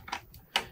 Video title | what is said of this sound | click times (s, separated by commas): Editing PC for $2000 in 2023! Step-by-Step Full Build Guide | It'll click really nice, just like that, if it goes in the right way. | 0.6 s